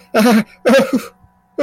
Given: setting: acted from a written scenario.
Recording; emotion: vocal sound without words; fear